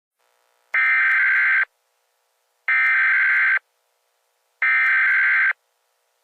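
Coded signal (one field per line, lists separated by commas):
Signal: Emergency Alert System (SAME) tones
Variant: header bursts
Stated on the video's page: Fictional EAS scenario with NOAA Weather Radio-style alerts and text-to-speech voices; simulated.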